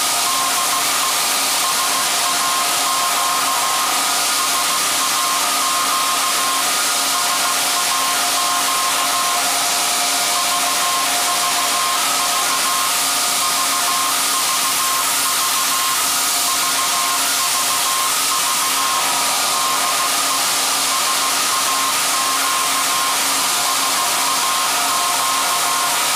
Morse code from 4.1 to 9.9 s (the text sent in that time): SAQ SAQ